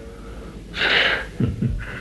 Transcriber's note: chuckles